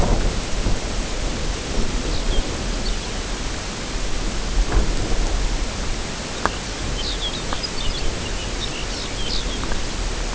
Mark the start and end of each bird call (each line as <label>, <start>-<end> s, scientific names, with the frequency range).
Calcarius lapponicus (3.0-6.0 kHz), 1.69-2.42 s
Calcarius lapponicus (3.1-5.1 kHz), 2.67-3.19 s
Calcarius lapponicus (2.4-6.0 kHz), 6.42-9.62 s